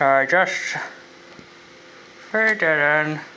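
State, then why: Not seated. On a Suzuki GSX 750F motorcycle, the throttle cable end is pushed into its fitting at the carburettor throttle linkage while the other end is held in the mouth to keep tension on it. Someone talks at the start and again near the end, with a quiet stretch in between that carries a faint steady tone and a small tick around 1.4 s. The cable end has not clicked into place yet.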